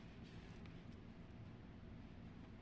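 A reused metal clamshell bead tip is handled as it is about to be squeezed shut over the crimp beads at the end of a beading wire. A steady low rumbling noise fills the clip, with a faint tick at about 0.7 s. Nothing has snapped closed or seated yet.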